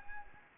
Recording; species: mosquito wingbeat signal from an infrared sensor; Anopheles gambiae